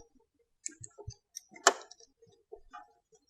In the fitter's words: and same thing you should hear it click when it goes in to know it's in place properly so